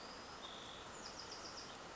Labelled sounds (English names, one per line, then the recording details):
Bewick's Wren
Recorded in Sonoma County, California